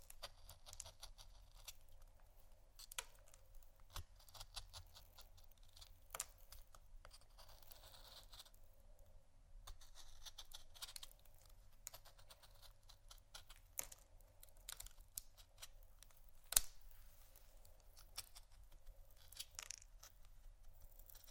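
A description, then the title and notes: Soap and candle carving gives dense, irregular scratchy scraping clicks throughout, with a low steady hum underneath and one sharper tap near seventeen seconds. ASMR Soap & Candle Carving （No Talking）.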